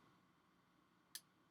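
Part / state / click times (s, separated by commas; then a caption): laptop antenna wire connector onto logic board socket / seated / 1.2 s. A laptop antenna wire connector on a 2016 15-inch MacBook Pro is lined up and pressed down onto its logic board socket with the flat end of a black plastic spudger. After a low, steady background, a single sharp, bright click sounds at 1.2 s as the connector snaps into place. The connector is seated.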